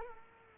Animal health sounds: mosquito wingbeat signal from an infrared sensor; Culex quinquefasciatus

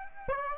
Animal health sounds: mosquito wingbeat signal from an infrared sensor; Aedes aegypti

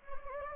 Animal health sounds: mosquito wingbeat signal from an infrared sensor; Anopheles gambiae

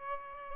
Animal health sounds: mosquito wingbeat signal from an infrared sensor; Aedes albopictus

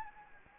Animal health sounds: mosquito wingbeat signal from an infrared sensor; Anopheles gambiae

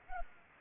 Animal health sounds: mosquito wingbeat signal from an infrared sensor; Culex pipiens

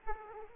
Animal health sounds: mosquito wingbeat signal from an infrared sensor; Aedes aegypti

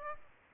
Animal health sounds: mosquito wingbeat signal from an infrared sensor; Aedes aegypti

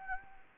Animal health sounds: mosquito wingbeat signal from an infrared sensor; Anopheles gambiae

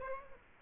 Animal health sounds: mosquito wingbeat signal from an infrared sensor; Aedes aegypti

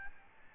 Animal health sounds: mosquito wingbeat signal from an infrared sensor; Aedes albopictus

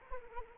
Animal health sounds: mosquito wingbeat signal from an infrared sensor; Anopheles arabiensis

